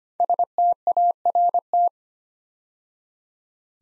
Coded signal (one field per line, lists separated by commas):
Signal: Morse code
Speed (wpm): 25 wpm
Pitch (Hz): 700 Hz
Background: none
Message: START